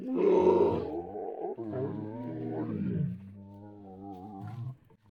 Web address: lion moan